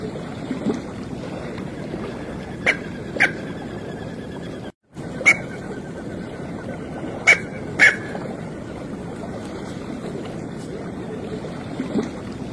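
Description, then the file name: Smew calling in short, abrupt bursts, several paired about half a second apart, with quiet gaps between, against a constant rushing hiss. "Canto do merganso pequeno"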